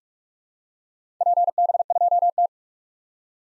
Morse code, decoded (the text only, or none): PB2T